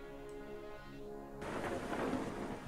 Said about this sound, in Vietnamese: cơn mưa mùa hạ như thác nước đổ xối, làm dịu đi cái nóng hầm hập của ban ngày. Mưa rông như thế này chắc là cũng nhanh tạnh thôi. Nhìn ra ngoài trời mưa, trong cái làn mưa trắng xóa ấy. Thỉnh thoảng những tia sét lại lóe lên sáng rực cả bầu trời.